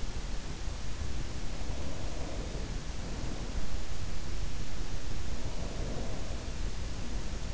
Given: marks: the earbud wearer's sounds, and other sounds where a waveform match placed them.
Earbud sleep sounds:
sounds in sleep by an in-ear microphone; breath
1.30-4.01 s: breath
5.05-7.54 s: breath

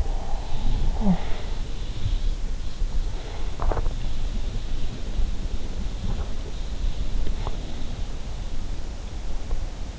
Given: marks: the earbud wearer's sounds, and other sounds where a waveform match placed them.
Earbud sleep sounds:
sounds in sleep by an in-ear microphone; snoring breath
0.00-1.39 s: snoring breath
2.02-9.99 s: sound from someone else or the room

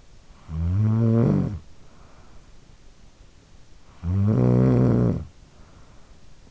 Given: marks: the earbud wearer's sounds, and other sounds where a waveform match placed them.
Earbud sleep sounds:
sounds in sleep by an in-ear microphone; snoring breath
0.05-2.85 s: snoring breath
3.66-6.51 s: snoring breath

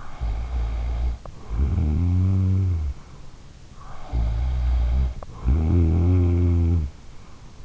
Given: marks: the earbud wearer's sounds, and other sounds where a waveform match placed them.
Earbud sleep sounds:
sounds in sleep by an in-ear microphone; snoring breath
0.00-3.31 s: snoring breath
3.88-7.31 s: snoring breath

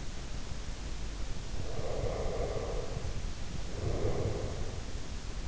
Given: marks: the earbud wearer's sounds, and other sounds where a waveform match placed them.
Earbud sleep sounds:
sounds in sleep by an in-ear microphone; breath
1.56-4.74 s: breath

